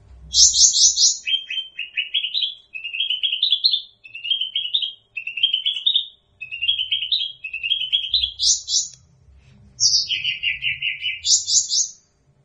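Bird song, a long rambling series of quick chirped trills, starting high, running lower and rising in steps, ending with high buzzy bursts.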